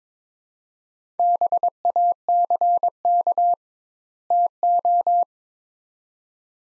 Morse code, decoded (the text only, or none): BACK TO